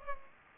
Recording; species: mosquito wingbeat signal from an infrared sensor; Culex pipiens